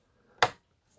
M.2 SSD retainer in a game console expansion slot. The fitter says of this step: Okay, now it's locked in place.